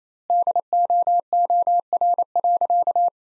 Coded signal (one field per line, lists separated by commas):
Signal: Morse code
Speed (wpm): 28 wpm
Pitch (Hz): 700 Hz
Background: none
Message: DOOR.